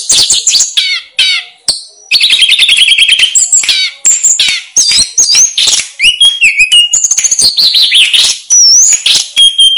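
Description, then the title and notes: Snowy-browed flycatcher pouring out a long, varied medley of high trills, chirps and bent whistles with barely any pauses. Master song used for training cage birds. "Masteran Tledekan Gunung Sikatan Gunung. BURUNG TLEDEKAN"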